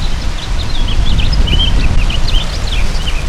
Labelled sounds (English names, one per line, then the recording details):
House Finch song
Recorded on Long Island, New York, on 31 May 2012
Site BP
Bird A